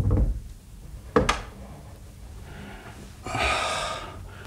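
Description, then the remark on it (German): The door to a mother's bedroom shuts with a single sharp thud, followed by a quiet stretch and then a soft, breathy hiss of rustling or exhaling. No one speaks. “Komm, mach die Tür zum Zimmer deiner Mutter wieder zu.”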